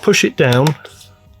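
A rotary pellet magazine for a Crosman Mission break-barrel gas-ram air rifle is placed over the breech probe with the counter facing out and is about to be pushed down into place, while someone talks. Only a faint, low handling sound follows the speech near the end. The magazine has not seated or clicked yet.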